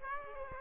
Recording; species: mosquito wingbeat signal from an infrared sensor; Aedes aegypti